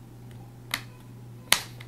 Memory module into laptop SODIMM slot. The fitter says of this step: clicked in you're going to hear a click it's very